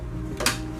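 The first of several freshly printed and trimmed 3D-printed plastic parts is slid into place on the body of a 1980s RC Batmobile being restored, over a steady low hum. A brief sliding rush begins around 0.4 s and ends in a short, sharp hit at 0.5 s as the part seats and locks into place.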